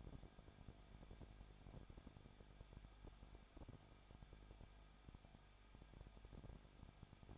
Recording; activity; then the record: daily activity, microphone in the room; no activity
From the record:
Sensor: 5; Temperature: 20.9 degrees Celsius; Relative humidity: 35.1%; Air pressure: 994.7 hPa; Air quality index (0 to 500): 154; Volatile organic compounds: 2 ppm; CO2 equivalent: 1289 ppm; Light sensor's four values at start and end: 2/3/1/1 and 2/3/1/1